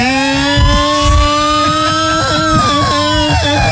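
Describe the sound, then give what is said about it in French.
A small 25 cc scooter engine buzzes steadily at a loud, high whine, its pitch rising and dipping slightly as the throttle is blipped, with no voices over it. “Il est là avec son magnifique, scooter, 25 cm cube, la grande folie, évidemment.”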